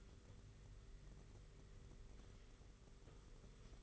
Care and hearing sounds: daily activity, microphone in the room; wipe stove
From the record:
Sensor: 4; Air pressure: 991.2 hPa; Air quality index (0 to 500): 163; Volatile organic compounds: 159 ppm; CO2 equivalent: 4060 ppm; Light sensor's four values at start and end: 24/79/29/30 and 24/80/30/31

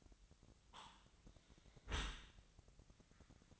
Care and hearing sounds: daily activity, microphone in the room; close dishwasher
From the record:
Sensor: 3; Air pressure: 1003.0 hPa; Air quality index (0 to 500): 196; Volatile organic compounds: 6 ppm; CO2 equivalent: 1916 ppm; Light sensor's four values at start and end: 19/47/20/21 and 19/47/20/21

